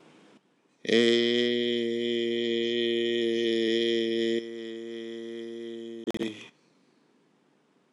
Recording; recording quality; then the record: sustained vowel as in made; excellent, no background noise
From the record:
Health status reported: healthy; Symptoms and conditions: diabetes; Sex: male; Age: 49 years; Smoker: not ticked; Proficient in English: yes